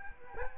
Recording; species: mosquito wingbeat signal from an infrared sensor; Culex quinquefasciatus